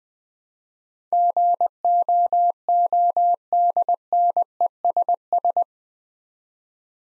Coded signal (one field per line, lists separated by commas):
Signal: Morse code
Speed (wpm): 20 wpm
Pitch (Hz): 700 Hz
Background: none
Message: GOODNESS